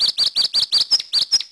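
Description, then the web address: Bird giving a rapid series of eight high, sharp chirps about a fifth of a second apart. "Geek-006"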